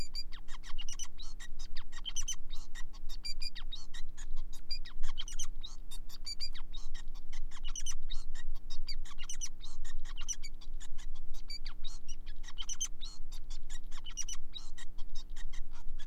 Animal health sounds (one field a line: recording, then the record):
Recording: song of a male Bengalese finch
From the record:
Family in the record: son of father 5